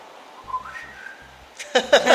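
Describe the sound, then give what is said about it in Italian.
A short whistled greeting, "ciao", in Silbo Gomero, the whistled language of La Gomera in the Canary Islands: a few gliding, mid-pitched whistle tones rising and falling, followed by a louder burst of voices. “vai, dici ciao col fischio della gomera.”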